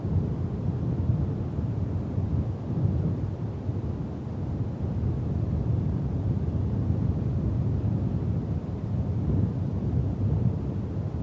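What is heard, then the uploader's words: Wind blows steadily through tree branches, a constant low, rumbling roar that fills the whole clip without pause. The sound is dense and dark, with gusts swelling slightly around the third and ninth seconds, and a faint hiss of rustling leaves above. Windy Ambience. The leaves were rustling in the trees and the wind was blowing through the branches.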